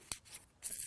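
A plastic flush-cup tweeter bracket for a JBL GTO428 4-inch 2-way loudspeaker is pressed into a hole cut in a car door panel. A sharp snap at 0.1 s marks the bracket seating into place, followed by faint rubbing and a brighter hiss toward the end.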